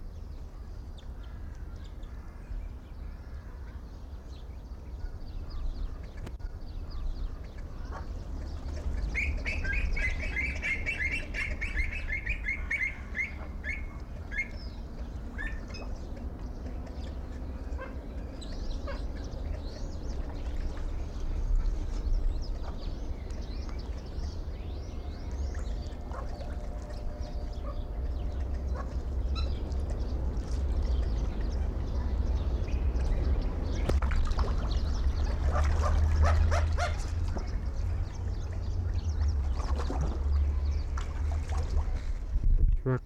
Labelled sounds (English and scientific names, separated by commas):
Common Goldeneye (Bucephala clangula) call